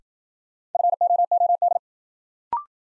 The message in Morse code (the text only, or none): FOOD